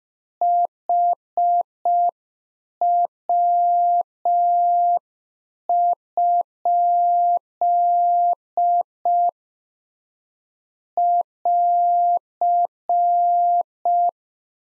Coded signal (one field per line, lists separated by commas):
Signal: Morse code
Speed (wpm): 5 wpm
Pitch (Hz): 700 Hz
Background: none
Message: HW? <AR>